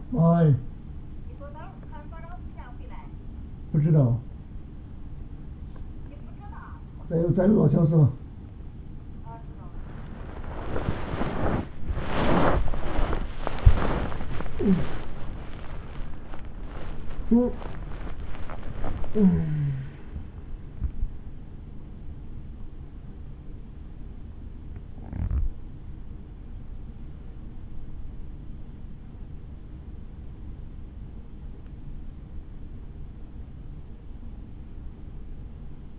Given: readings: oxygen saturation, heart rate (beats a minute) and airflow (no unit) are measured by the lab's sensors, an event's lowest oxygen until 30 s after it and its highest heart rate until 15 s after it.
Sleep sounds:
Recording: a person awake in a sleep study, by a smartphone at the bedside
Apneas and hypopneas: none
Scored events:
0.00-26.00 s: awake
26.00-35.99 s: new sleep stage, N1 (lightest sleep)
From the record:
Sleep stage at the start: awake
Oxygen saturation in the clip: 94 to 97%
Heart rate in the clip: 51 to 89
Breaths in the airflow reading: 10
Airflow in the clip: -14.8 to 11.0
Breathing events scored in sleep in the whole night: 216 in 7.0 hours asleep

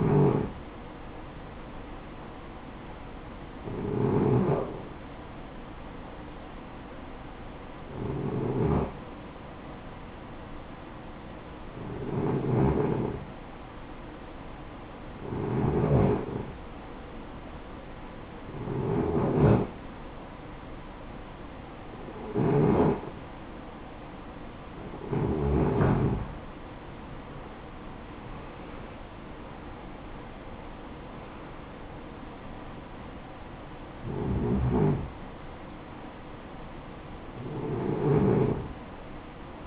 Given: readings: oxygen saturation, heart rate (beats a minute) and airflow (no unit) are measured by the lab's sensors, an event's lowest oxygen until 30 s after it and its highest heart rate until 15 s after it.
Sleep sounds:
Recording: breathing in sleep by a voice recorder at the bedside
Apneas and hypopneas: none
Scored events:
none scored
From the record:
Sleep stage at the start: REM sleep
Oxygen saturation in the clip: 79 to 95%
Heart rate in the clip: 57 to 78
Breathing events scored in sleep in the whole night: 573 in 9.8 hours asleep

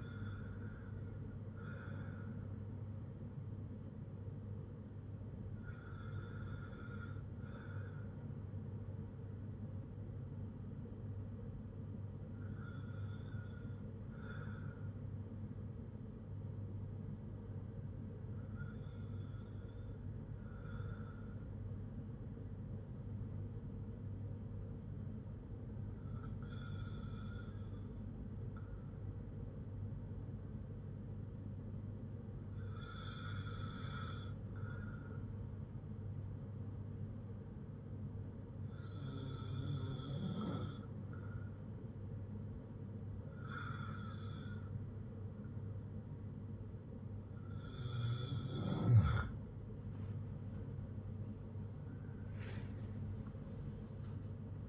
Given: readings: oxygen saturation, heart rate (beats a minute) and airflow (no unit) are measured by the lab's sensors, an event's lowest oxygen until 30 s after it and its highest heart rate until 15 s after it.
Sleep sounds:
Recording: breathing in sleep by a smartphone at the bedside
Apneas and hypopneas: 1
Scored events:
21.00-49.90 s: hypopnea (N1, oxygen 97% highest, then 94% lowest, heart rate 62 at the start, 83 highest)
From the record:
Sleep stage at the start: N1 (lightest sleep)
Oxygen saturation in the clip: 90 to 97%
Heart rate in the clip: 56 to 67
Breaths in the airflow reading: 10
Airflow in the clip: -4.6 to 7.2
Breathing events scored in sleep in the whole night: 182 in 7.4 hours asleep

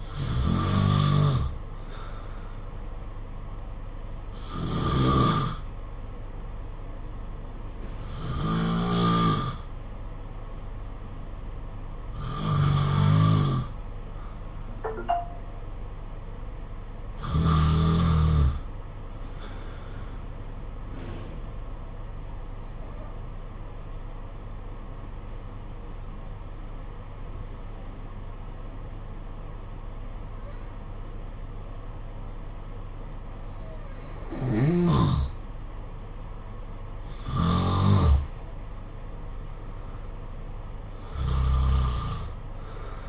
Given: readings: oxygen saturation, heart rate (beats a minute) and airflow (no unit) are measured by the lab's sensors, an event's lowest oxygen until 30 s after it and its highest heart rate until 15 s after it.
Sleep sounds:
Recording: breathing in sleep by a smartphone at the bedside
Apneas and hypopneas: 1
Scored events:
23.00-36.00 s: obstructive apnea (N2, oxygen 94% highest, then 88% lowest, heart rate 58 at the start, 61 highest)
From the record:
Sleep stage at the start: N2 (light sleep)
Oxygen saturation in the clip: 90 to 94%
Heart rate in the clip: 55 to 66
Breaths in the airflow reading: 9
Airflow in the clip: -7.2 to 7.0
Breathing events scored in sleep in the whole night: 476 in 9.7 hours asleep

